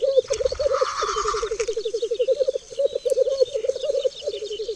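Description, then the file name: Black grouse bubbling in fast rolling pulses that pause briefly between phrases, with an early breathy hiss and faint twittering birds. "Cietrzew"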